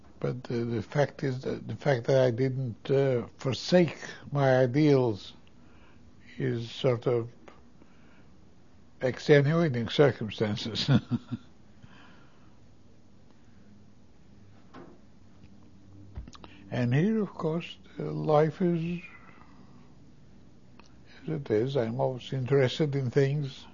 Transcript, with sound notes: But the fact is, the fact that I didn't forsake my ideals is sort of extenuating circumstances. ( he laughs ) And here, of course, life is, here it is, I am always interested in things.